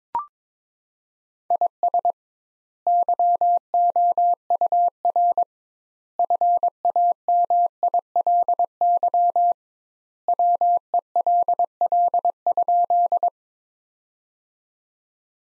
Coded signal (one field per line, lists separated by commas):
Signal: Morse code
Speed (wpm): 22 wpm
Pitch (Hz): 700 Hz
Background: none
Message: IS YOUR FAMILY WELL?